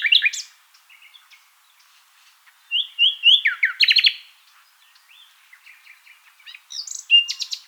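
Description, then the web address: Common nightingale song: phrases of whistles and rich chattering notes, separated by short pauses, with a sharp burst near the end. "songs luscinia megarhynchos call"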